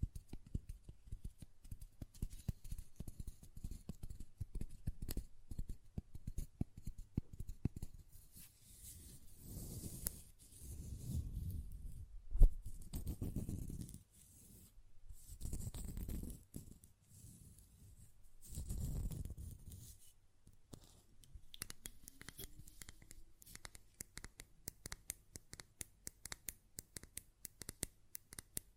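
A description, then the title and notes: Dry tapping and clicking on a glass perfume bottle and its lid, the taps quick and irregular. Around ten to twenty seconds, softer low rubbing swells take over, then bright, fast clicking returns near the end. ASMR Glass Perfume Bottle Tapping & Lid Sounds (No Talking).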